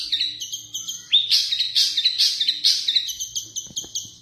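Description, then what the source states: Long-tailed shrike singing a rapid stream of sharp high notes and trills, with a rising slurred whistle near the start and a dense scratchy middle section. Combination song (kombinasi).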